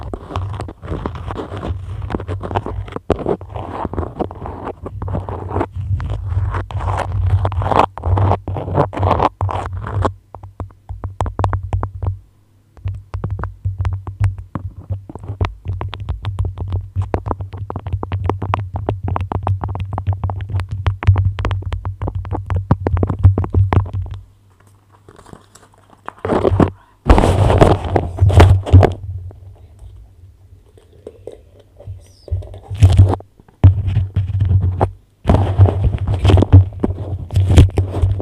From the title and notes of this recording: ASMR Beeswax Wrap Triggers INTENSE TINGLING! Tapping, Scratching, Sticky Sounds.